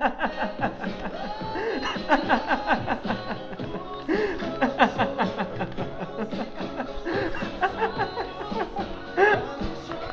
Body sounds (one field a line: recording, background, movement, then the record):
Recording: laughter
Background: music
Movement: sitting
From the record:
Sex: male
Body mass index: 21.0 kg/m2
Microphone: on the chest, facing outward